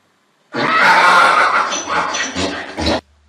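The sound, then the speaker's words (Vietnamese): A donkey's loud, harsh cry of distress as two arrows pierce its chest amid falling arrows: a drawn-out braying wail that rises, wavers and breaks into strained pulses for about two and a half seconds before cutting off abruptly. “Con lừa lúc này kêu lên thảm thiết.”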